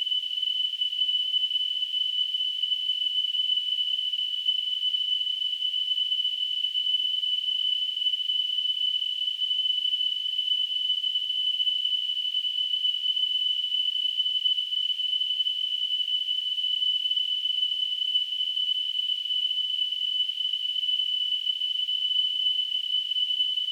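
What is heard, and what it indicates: A steady, unbroken high-pitched whistle near 3 kHz, softened by a faint band of hiss, holds unchanged for about 24 seconds. It is a simulation of tinnitus, the constant ringing some people perceive in their ears.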